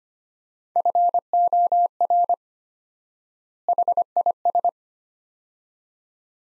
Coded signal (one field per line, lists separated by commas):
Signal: Morse code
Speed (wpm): 25 wpm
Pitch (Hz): 700 Hz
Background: none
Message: FOR HIS